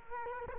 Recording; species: mosquito wingbeat signal from an infrared sensor; Culex quinquefasciatus